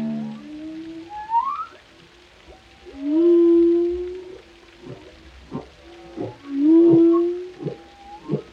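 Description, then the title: Whale song with long rising moans and steady tonal notes, broken by short pulsed clicks; loud moans swell around three and seven seconds. Compilation of whale vocalizations including moans, calls and melodies, presented for relaxation. "Soothing Symphony of the Deep: Captivating Whale Sounds for Relaxation"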